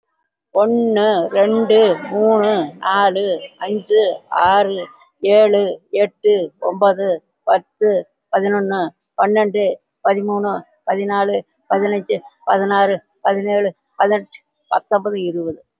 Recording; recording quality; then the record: counting at a fast pace; excellent, no background noise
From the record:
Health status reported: COVID-19 positive, no symptoms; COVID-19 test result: positive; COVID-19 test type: RT-PCR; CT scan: taken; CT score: 3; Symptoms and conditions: pneumonia, another respiratory illness, hypertension, diabetes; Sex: female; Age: 68 years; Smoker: no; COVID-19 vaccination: none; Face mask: worn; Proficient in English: yes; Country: India